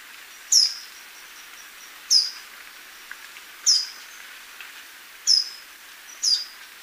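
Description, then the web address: Handsome flycatcher calls: five thin, very high, sharply dropping notes spaced about one and a half seconds apart over quiet background hiss. Recorded in Ecuador, South America. "Natures Songs S America Birds of Ecuador Handsome Flycatcher"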